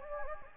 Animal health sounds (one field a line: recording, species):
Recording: mosquito wingbeat signal from an infrared sensor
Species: Anopheles gambiae